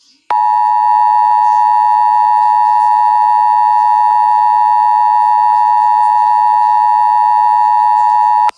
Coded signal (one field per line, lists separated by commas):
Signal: Emergency Alert System (SAME) tones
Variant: 853 and 960 Hz attention tone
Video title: EAS Mock: Tornado Warning Intyrupts 1 episode of news